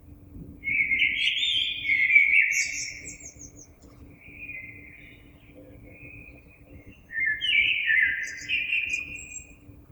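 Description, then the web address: Common blackbird song: rich, fluting warbled phrases with high squeaky twittering endings, and softer phrases in between. Recorded on 26 April 2022. "oiseaux Merle 2022 04 26"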